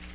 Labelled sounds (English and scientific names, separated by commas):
Magnolia Warbler (Setophaga magnolia) flight call